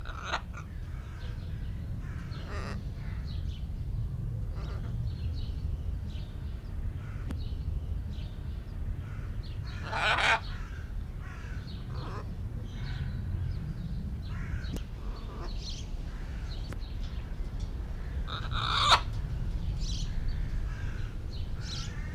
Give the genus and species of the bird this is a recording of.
Ara macao